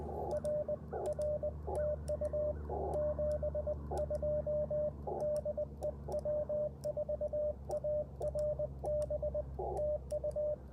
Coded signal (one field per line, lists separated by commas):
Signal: Morse code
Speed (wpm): 20 wpm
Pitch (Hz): 600 Hz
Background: radio noise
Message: R R TU 72 DE W4ARB TU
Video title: Morning Morse Code - 11/3/23 @ Tuskegee Airmen National Historic Site (K-0868)